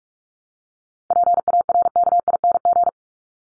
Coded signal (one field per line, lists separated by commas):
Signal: Morse code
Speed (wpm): 44 wpm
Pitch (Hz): 700 Hz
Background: none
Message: PARKING